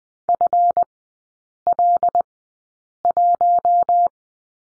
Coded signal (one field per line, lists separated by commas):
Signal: Morse code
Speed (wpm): 20 wpm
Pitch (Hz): 700 Hz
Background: none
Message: FL1